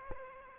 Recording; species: mosquito wingbeat signal from an infrared sensor; Aedes aegypti